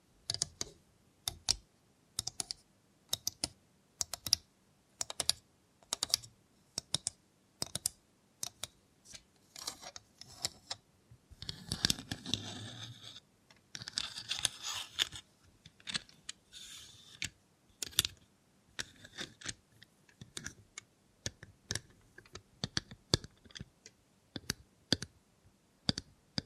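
A robot hand makes a run of sharp, crisp clicks and taps, coming in quick irregular clusters much like typing. Around the middle, from about 11 to 16 seconds, the clicks thicken into a rougher, low grinding rustle before the sparse tapping returns.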